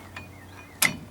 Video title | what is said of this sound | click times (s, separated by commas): 2006 chevy truck rear brake replacement | it snaps into place, just like that. | 0.9 s